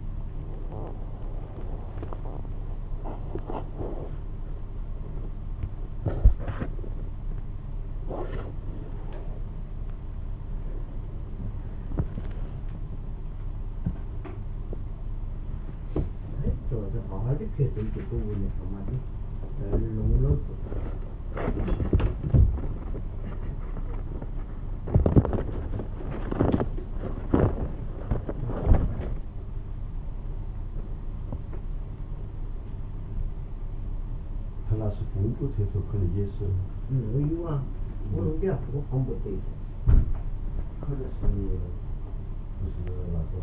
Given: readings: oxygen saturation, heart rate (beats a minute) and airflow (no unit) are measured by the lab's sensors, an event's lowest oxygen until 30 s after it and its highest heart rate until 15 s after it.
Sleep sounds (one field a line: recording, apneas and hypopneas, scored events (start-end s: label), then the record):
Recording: a person awake in a sleep study, by a smartphone at the bedside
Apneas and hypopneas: none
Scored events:
0.00-43.43 s: awake
From the record:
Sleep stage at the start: awake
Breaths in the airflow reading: 13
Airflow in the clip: -2.1 to 1.7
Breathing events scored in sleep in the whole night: 388 in 6.5 hours asleep